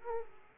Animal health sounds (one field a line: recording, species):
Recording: mosquito wingbeat signal from an infrared sensor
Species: Aedes aegypti